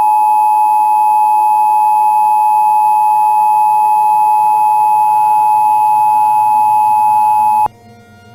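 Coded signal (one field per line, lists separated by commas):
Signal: Emergency Alert System (SAME) tones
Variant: 853 and 960 Hz attention tone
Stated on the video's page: Part of a fictional EAS scenario.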